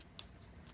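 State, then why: Seated. A metal cap is pressed by hand onto the post of a double-sided rivet that has been pushed through a punched hole in fabric or leather. A single sharp, bright snap at 0.2 s marks the cap seating on the post, followed by a much fainter tick near 0.5 s. The cap is snapped into place.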